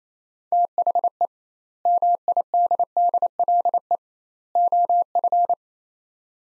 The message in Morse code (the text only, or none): THE MIDDLE OF